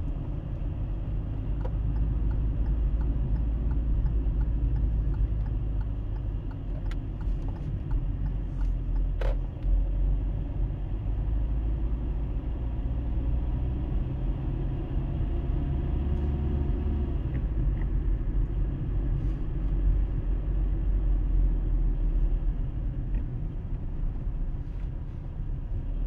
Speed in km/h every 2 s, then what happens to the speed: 24, 25, 24, 22, 20, 26, 28, 32, 34, 34, 32, 23, 17.
0-8 steady at about 24. 8-15 speeds up to 34. 19-23 brakes to 17.